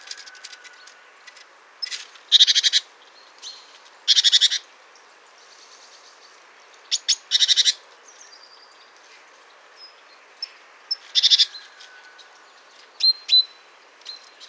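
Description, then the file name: Great tit scolding churrs, short buzzy rattling bursts of fast pulses given irregularly with pauses, with occasional faint high ticks in between. "Parus major"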